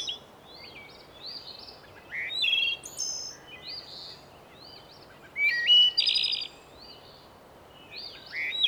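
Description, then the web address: Chorus of several birds with whistled slides, chirps and loud buzzy bursts overlapping, swelling strongly near the middle and end, over a constant low hiss. Birdsong in spring. "son sons de la nature chant des oiseaux au printemps"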